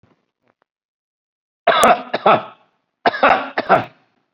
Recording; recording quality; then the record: heavy voluntary cough; excellent, no background noise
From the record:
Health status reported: COVID-19 positive, mild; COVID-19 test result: positive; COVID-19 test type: RT-PCR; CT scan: not taken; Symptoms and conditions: breathing difficulty, fatigue, muscle pain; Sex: male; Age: 48 years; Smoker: no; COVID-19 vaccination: none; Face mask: not worn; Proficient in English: no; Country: India